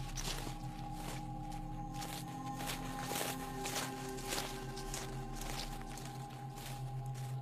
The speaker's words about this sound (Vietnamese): Bởi lẽ rõ ràng, lẫn trong tiếng bước chân của nó loạt soạt, dẫm lên những cái lá khô, hình như nó còn nghe thấy cả một âm thanh bước chân khác lục bục ở đâu đây.